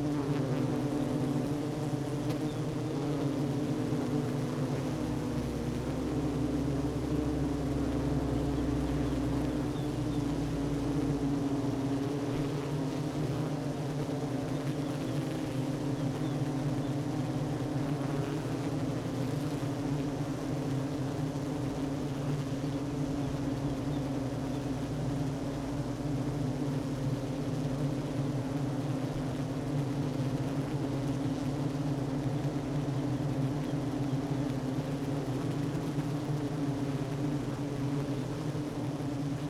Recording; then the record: honeybee colony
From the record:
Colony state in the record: active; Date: 12 June 2018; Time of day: 10:17